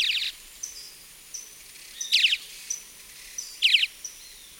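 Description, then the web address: Gray-breasted Martin calling with brief rasping chirps in a few short bursts, with thin high whistled notes in between. Recorded in the eastern lowlands of South America. "Natures Songs S America Eastern Lowlands. Gray-breasted Martin"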